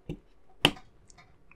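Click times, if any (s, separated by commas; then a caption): 0.7 s. An oiled hinge joint on a part of the Fanhome Transformers Movie Optimus Prime model (Pack 1, Stages 1–2) is pushed hard into the model body until it clicks home at 0.6 s with a sharp, bright snap. A softer knock comes just before at 0.1 s, and faint small ticks follow at 1.1 and 1.5 s. The hinged part is seated and holds itself in place.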